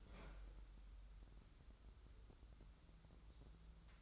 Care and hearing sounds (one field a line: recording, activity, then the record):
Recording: daily activity, microphone in the room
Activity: open fridge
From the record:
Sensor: 3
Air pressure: 994.4 hPa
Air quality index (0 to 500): 208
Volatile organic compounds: 1000 ppm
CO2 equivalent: 6953 ppm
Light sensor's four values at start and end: 206/498/211/211 and 207/500/212/212